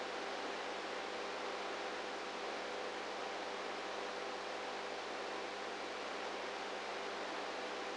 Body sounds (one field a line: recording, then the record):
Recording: brain microelectrode recording played as sound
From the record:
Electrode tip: inside the subthalamic nucleus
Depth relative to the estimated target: -2 mm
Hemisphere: right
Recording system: NeuroSet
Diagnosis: Parkinson's disease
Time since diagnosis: 19 years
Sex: female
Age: 58 years